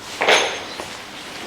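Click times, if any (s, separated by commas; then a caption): none. A folding sofa-cum-bed frame is lifted and let drop toward its position, giving a sharp knock at 0.2 s, a broader clunk around 0.3 s, and a smaller knock near 0.8 s as the folding mechanism moves. The frame is still being handled, and nothing has locked into place yet.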